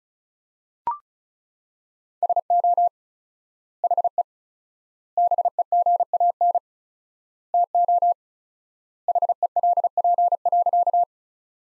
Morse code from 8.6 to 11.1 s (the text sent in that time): HELP.